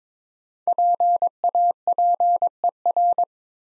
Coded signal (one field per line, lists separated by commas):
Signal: Morse code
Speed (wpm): 22 wpm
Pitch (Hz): 700 Hz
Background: none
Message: PAPER